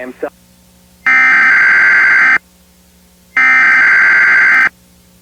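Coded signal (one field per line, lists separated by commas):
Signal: Emergency Alert System (SAME) tones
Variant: header bursts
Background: speech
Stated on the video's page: Fictional mock alert of a nuclear power plant warning.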